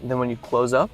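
A scent pod lies chip facing outward in one of the three trays in the center console of a 2025 Lincoln Nautilus as the tray is being closed, which engages the digital scent. Someone talks throughout, and nothing has seated or clicked yet.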